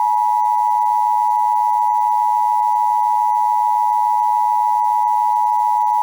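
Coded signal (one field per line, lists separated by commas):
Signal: Emergency Alert System (SAME) tones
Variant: 853 and 960 Hz attention tone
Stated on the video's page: Fictional EAS scenario alert.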